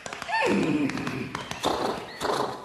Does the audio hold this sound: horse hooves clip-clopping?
yes